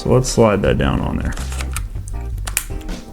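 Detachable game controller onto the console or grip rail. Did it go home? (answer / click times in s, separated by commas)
yes / 2.6 s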